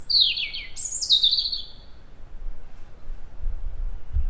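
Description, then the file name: European robin singing one short phrase of high, sliding, sparkling notes, followed by about two seconds of near silence and a low rumble at the end. "Erithacus rubecula"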